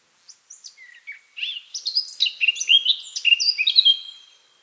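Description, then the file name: Eurasian blackcap song with a few thin high notes at the start swelling into a bright, tumbling fluty warble about three seconds long. "Sylvia atricapilla"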